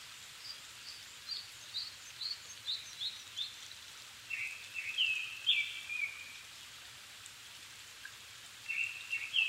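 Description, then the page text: Japanese thrush song: a rhythmic series of short repeated notes, then a fuller whistled warbling phrase and another phrase at the end, over background hiss. Recorded 7 May 2011 at 17:59, in the evening, at 270 m altitude; Sony PCM-D50 recorder with Panasonic WM-61A microphone. "Turdus cardis [Sounds -Nikko Today-]"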